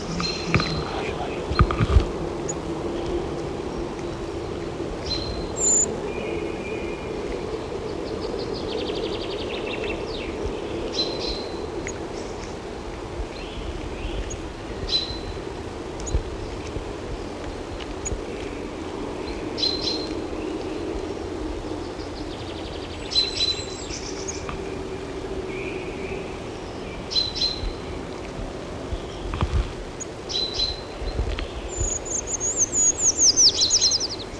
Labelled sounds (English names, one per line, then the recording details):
Eurasian Treecreeper
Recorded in the wild
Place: Wegfurt, DE
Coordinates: 50.3958, 10.0869
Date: 1964-04-02
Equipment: Uher Report 4000, AKG D190
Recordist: Krey, Winfried